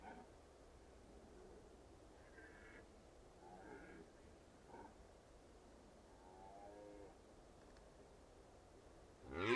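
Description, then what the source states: Red deer giving a few spaced, faint groaning roars over quiet hiss, ending with a loud burst of sound. Red deer stags rutting in the Carpathian Mountains, Bucovina, Romania.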